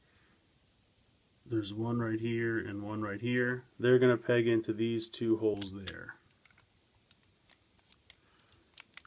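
Someone talks while a plastic Machine Robo Mugenbine Launcher Saurus toy part is lined up with its two pegs over two holes on the mating part, followed by a few faint, sharp plastic ticks. The pegs are only guides that do not snap, and nothing has been pressed together or seated yet.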